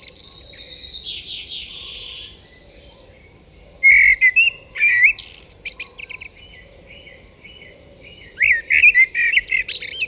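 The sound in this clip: Common blackbird song: two loud warbled phrases, near four and nine seconds, with softer high notes around them.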